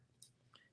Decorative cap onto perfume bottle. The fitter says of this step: You hear that? You hear the snap when you when you close it down.